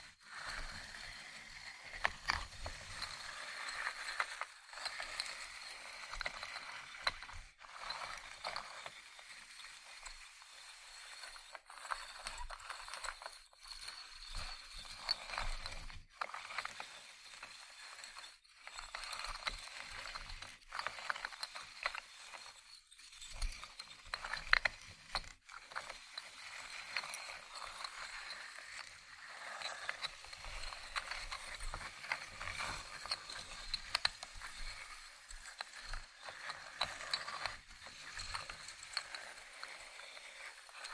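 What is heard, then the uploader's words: ASMR wooden triggers: steady crisp tapping, scraping and clicking on wood, dense and continuous, with brief pauses scattered throughout. ASMR Wooden Triggers 1hour（No Talking）.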